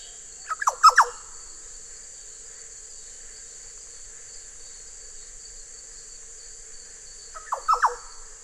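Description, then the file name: Yellow oriole calling: two short bubbling phrases of rapid slurred notes, about seven seconds apart, with a constant high-pitched insect drone throughout. "Oriolus Flavocinctus"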